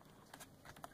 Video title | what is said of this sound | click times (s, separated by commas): How to replace a broken hard drive in a laptop and reinstall windows | you just kind of push until you hear it kind of snap into place. | 0.8 s